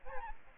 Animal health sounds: mosquito wingbeat signal from an infrared sensor; Aedes albopictus

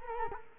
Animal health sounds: mosquito wingbeat signal from an infrared sensor; Culex quinquefasciatus

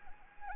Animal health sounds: mosquito wingbeat signal from an infrared sensor; Anopheles gambiae

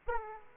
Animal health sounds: mosquito wingbeat signal from an infrared sensor; Aedes aegypti

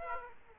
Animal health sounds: mosquito wingbeat signal from an infrared sensor; Aedes aegypti

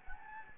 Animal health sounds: mosquito wingbeat signal from an infrared sensor; Anopheles gambiae

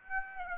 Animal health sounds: mosquito wingbeat signal from an infrared sensor; Aedes aegypti

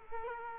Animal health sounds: mosquito wingbeat signal from an infrared sensor; Culex quinquefasciatus

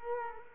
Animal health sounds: mosquito wingbeat signal from an infrared sensor; Culex quinquefasciatus

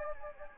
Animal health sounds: mosquito wingbeat signal from an infrared sensor; Anopheles gambiae

